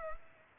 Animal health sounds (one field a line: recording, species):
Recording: mosquito wingbeat signal from an infrared sensor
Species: Culex pipiens